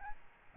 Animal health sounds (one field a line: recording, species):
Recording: mosquito wingbeat signal from an infrared sensor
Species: Aedes albopictus